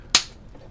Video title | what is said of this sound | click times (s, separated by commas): DIY Blockstream Jade + Camera - Low Cost Bitcoin Hardware Wallet ESP32-CAM, WROVER-CAM T-Camera-Plus | There we go. So that has clicked in there. | 0.1 s